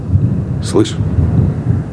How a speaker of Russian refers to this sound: Слышь? О, гром гремит. Сейчас ливень будет.